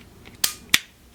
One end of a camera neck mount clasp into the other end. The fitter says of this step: There you go. Okay, so make sure you hear it click